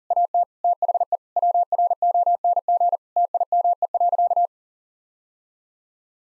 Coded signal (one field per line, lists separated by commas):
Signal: Morse code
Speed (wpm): 37 wpm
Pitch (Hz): 700 Hz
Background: none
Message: AT THE WRONG TIME.